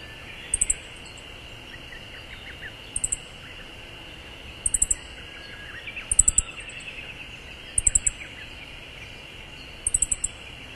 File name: siberian bunting